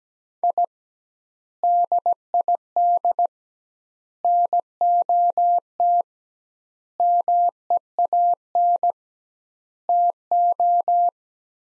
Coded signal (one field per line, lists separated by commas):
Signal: Morse code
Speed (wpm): 17 wpm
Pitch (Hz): 700 Hz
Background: none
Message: I DID NOT MEAN TO